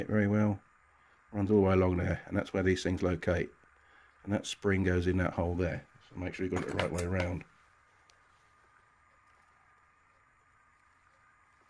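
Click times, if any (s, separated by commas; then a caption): none. A small plastic bogie part with its spring is lined up on a Hattons Originals Class 66 00-gauge model locomotive bogie and checked to be the right way round before being pushed in. Someone talks through most of the clip, then it goes quiet apart from faint low handling noise. The part has not yet been pushed in, and nothing has clicked or seated.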